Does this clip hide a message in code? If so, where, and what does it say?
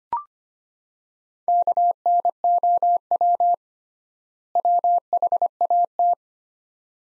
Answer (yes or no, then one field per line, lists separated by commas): yes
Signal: Morse code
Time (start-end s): 1.5-6.1 s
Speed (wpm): 25 wpm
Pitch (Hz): 700 Hz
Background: none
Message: KNOW WHAT